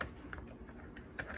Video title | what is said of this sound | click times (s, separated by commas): How to build the Losi 5ive B - Episode 1 - Bag A - Part 1 of 2 - 4K | once you hear it click it's in there good to go | 0.0 s, 0.3 s